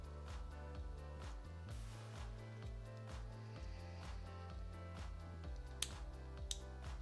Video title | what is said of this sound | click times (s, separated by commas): Live Third Party Gunpla Build: HG/ RG Gouf Custom from ND Continued... | it kind of pops into place. | 5.8 s, 6.5 s